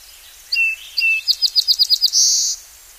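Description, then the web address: Song sparrow song: a couple of clear opening notes, then a fast series of about seven sharp repeated notes, ending in a high buzzy trill. "Songs of Birds of North America Know Your Bird Sounds. Song Sparrow"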